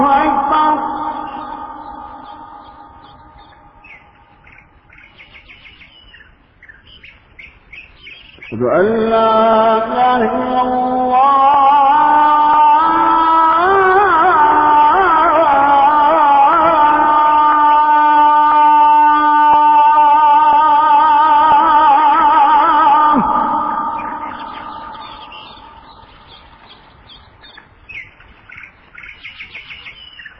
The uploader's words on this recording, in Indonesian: Adzan Shubuh. Saat adzan dikumandangkan, suara burung di pagi hari turut menemani.